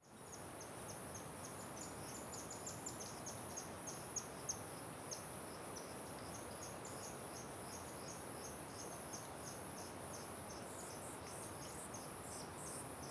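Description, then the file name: Crickets chirping in a steady high shrill pulsing band, over constant rushing wind noise. Natural ambience at a waterfall with strong wind. "Ambiencia com Vento Forte Passaros e Grilos na Cachoeira Simao Correa"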